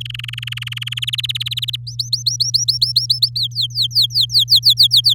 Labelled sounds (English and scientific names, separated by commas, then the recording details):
Domestic Canary (Serinus canaria) song
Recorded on 6 May 2018 at 08:18
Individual llb16